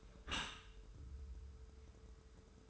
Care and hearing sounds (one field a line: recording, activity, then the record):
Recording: daily activity, microphone in the room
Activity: close dishwasher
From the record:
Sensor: 2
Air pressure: 1014.8 hPa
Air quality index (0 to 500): 25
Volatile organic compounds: 0 ppm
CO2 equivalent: 504 ppm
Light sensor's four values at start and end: 10/23/9/10 and 10/23/9/10